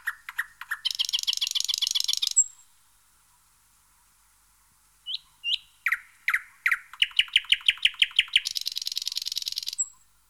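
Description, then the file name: Thrush nightingale song with a rapid buzzing rattle, a long pause, then accelerating loud clacking notes leading into another dry rattling trill. "Jean C Roche - Rossignol progne"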